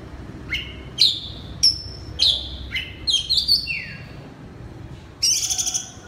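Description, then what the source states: Oriental magpie-robin singing sharp, descending whistled notes repeated roughly every half second, then a quick trill and a final rich warbled phrase. Loud 'ngeplong keras' singing style of a magpie-robin known locally as kacer.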